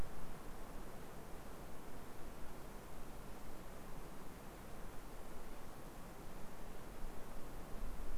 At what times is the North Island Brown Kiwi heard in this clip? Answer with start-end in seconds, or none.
none